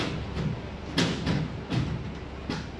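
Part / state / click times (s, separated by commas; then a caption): shelf panel into side panels of a knock-down cabinet / seated / 1.0 s. A shelf panel is slid in between the side panels of a 3L-B5 knock-down cabinet and pulled inward until it locks into its catch. A series of knocks and scrapes runs through the clip, with the strongest sharp knock at 1.0 s as the panel locks into place, followed by softer knocks. The panel is seated.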